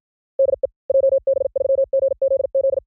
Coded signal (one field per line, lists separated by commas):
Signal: Morse code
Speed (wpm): 56 wpm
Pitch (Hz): 540 Hz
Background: none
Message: DE JB3GZZ